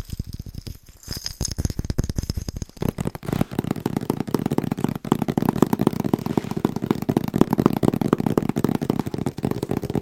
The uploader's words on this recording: ASMR Fast & Rhythmic Tapping with Christmas Presents No Talking.